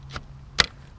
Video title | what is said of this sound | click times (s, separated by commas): PESU Monster 250W Review - $1.6k | we go you hear it click feel | 0.6 s